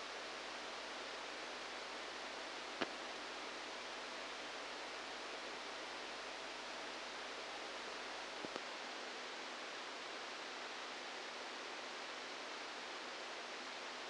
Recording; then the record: brain microelectrode recording played as sound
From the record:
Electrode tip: outside the subthalamic nucleus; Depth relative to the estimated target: -2 mm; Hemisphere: left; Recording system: NeuroSet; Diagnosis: Parkinson's disease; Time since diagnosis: 10 years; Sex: male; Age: 63 years